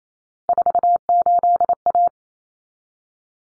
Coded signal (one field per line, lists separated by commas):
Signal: Morse code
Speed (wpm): 28 wpm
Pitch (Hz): 700 Hz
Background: none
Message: 48A